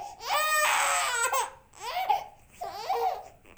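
An infant crying in three bursts, a long high-pitched wail followed by two shorter cries, from a Fisher-Price device.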